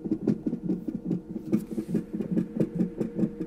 The baby's heartbeat through the monitor.